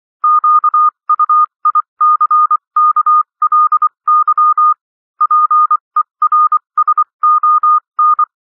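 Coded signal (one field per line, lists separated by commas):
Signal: Morse code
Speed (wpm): 24 wpm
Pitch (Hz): 1220 Hz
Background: none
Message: QUICKLY PERSON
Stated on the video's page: Morse code reading practice at 21-24 WPM characters with 24 WPM.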